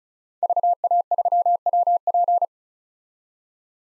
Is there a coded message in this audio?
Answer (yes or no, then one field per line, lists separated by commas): yes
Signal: Morse code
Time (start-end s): 0.4-2.5 s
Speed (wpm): 34 wpm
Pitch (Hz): 700 Hz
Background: none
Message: VA3WP